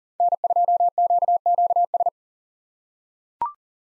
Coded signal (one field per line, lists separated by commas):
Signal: Morse code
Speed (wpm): 40 wpm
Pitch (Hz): 700 Hz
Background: none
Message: N2QQS